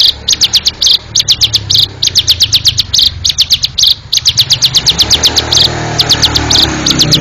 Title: Suara Burung Ciblek